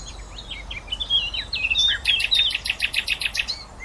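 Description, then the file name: Common nightingale song: a run of varied slurred whistles leading into a fast, rhythmic series of repeated loud notes, over a steady low background hiss. "Luscinia megarhynchos"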